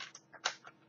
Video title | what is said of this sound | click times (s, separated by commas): Yubi Power Security Bundle of 8 Fake Outdoor Surveillance Dummy Cameras Review | slide that back on that clicks in place but but the | 0.5 s